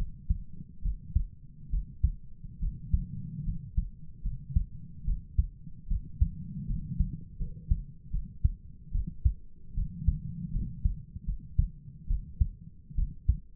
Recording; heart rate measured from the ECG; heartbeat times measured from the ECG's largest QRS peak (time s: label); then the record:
heart sounds by stethoscope; 74 bpm
0.83 s: heartbeat
1.71 s: heartbeat
2.61 s: heartbeat
3.45 s: heartbeat
4.23 s: heartbeat
5.05 s: heartbeat
5.89 s: heartbeat
6.68 s: heartbeat
7.39 s: heartbeat
8.12 s: heartbeat
8.92 s: heartbeat
9.75 s: heartbeat
10.53 s: heartbeat
11.26 s: heartbeat
12.08 s: heartbeat
12.96 s: heartbeat
From the record:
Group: healthy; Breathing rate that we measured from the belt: 17 breaths a minute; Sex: female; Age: 22 years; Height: 160 cm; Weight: 63 kg